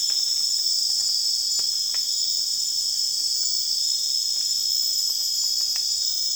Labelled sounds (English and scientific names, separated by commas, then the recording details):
none
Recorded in secondary vegetation near Puerto Asís, Putumayo, Colombia, on 30 June 2025 at 02:00
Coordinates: 0.485, -76.322
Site GP06